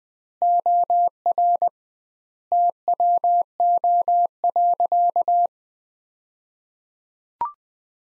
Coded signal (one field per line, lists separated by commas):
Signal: Morse code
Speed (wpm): 20 wpm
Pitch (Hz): 700 Hz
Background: none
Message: OR TWO.